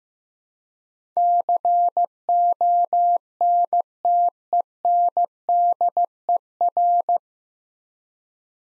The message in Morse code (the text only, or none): CONTENDER